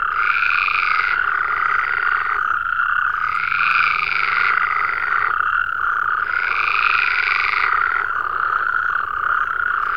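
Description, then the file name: Frog chorus of steady, rattling croaks, with louder buzzy bursts swelling roughly every three to four seconds over a constant trilling drone. "Digiffects Sound Effects Library - Frogs"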